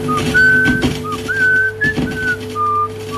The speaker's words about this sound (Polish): Drugi dźwięk uzyskany z talerza to prosta melodia. Zachowała się prosta fraza, pogwizdywanie.